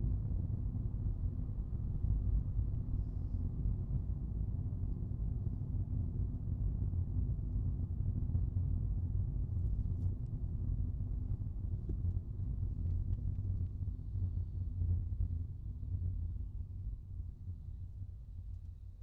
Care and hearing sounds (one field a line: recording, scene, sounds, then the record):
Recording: everyday scene through a hearing-aid microphone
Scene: in a vehicle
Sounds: engine, rumble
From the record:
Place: Skoda Fabia, gasoline engine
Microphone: in the ear canal, right